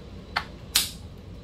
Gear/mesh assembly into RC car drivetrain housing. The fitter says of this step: until it snaps in and